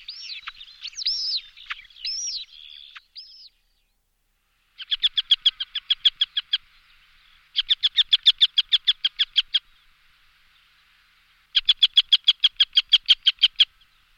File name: circus pygargus